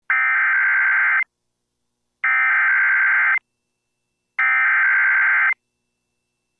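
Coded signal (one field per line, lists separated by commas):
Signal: Emergency Alert System (SAME) tones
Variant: header bursts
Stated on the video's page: Severe Thunderstorm Warning in Kansas, with valid EAS tones.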